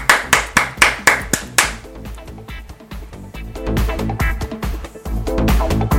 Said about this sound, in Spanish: pásale por favor, venga, un aplauso.